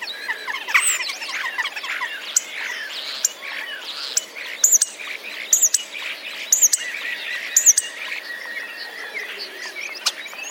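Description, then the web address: Common starling song, a busy chattering warble with short, sharp high notes popping out roughly every second. Starling song including mimicry of sparrow sounds; recorded 10 April 2023. "wroblowe zapozyczenia szpaki 10 04 2023"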